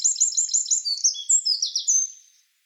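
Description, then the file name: Eurasian wren song, a brisk string of sharp, high repeated notes that runs into quick trills and stops abruptly. "Troglodytes troglodytes"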